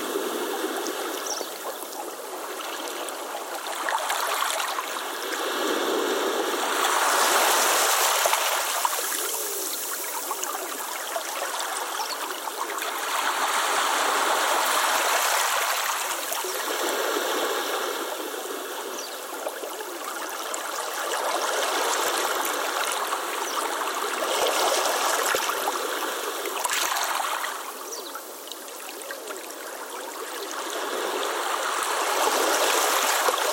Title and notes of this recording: Ambient Waves Over Pebbles in Creek. Ambient sounds of a gentle creek